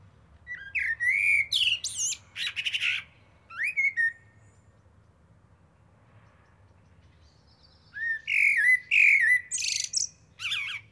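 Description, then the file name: Common blackbird song: two groups of fluting warbled phrases breaking into squeaky high twitters, separated by several seconds of quiet. "Turdus merula"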